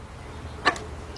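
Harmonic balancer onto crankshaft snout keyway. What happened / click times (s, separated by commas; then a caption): The metal hub snapped home onto its keyed shaft / 0.7 s. A metal harmonic balancer on a 2003 Jeep Liberty Sport 3.7 engine is turned until it lines up with the crankshaft keyway, then slides onto the crankshaft snout. A sharp metallic snap at 0.7 s, followed by a fainter ring, is heard against a low background hum. The balancer seats on the keyway.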